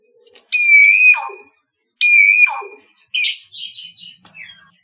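Common hill myna giving two loud, rich, nasal calls about 1.5 seconds apart, each ending in a falling tail, followed by shorter chattering whistled notes.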